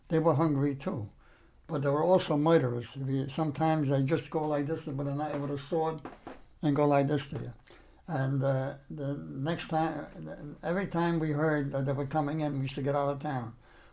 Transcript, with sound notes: They were hungry too. But they were also murderers. Sometimes, they'd just go like this with a kni—with a sword [makes tapping sound] and go like this to you. And the next ti—and every time we heard that they were coming in, we used to get out of town.